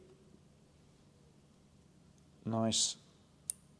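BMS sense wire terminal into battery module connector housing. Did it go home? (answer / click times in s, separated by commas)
yes / 3.5 s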